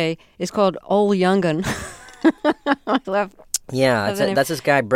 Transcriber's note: soundbite of laughter